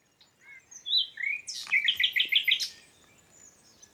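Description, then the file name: Common nightingale song: a few whistled notes leading into a quick run of bright, evenly repeated notes that ends sharply. "Luscinia megarhynchos"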